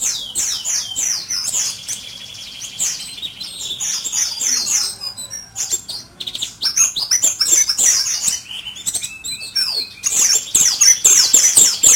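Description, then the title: White-eye song: very rapid high chattering and trills, a short gap midway, then a renewed burst of shrill twittering. Pleci (white-eye) named or owned as Mr. Kebo; Malang, East Java, Indonesia. "Pleci Mr. Kebo Malang - Jawa Timur"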